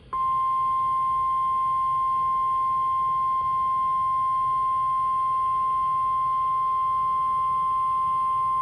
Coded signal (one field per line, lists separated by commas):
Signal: Emergency Alert System (SAME) tones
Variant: 1050 Hz attention tone